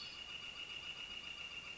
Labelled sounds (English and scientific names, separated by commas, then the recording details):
Northern Flicker (Colaptes auratus)
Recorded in Sonoma County, California